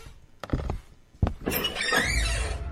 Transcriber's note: banging sound; door opens